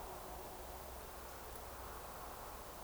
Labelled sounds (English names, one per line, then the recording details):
Eurasian Woodcock whistle
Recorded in Baden-Württemberg, Germany, on 29 June 2020 at 02:34 UTC
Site 43791, 788 m above sea level